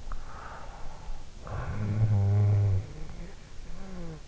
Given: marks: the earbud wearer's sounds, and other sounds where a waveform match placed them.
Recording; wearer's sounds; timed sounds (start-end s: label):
sounds in sleep by an in-ear microphone; snoring breath
0.81-3.96 s: snoring breath